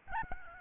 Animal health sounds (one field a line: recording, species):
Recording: mosquito wingbeat signal from an infrared sensor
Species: Aedes albopictus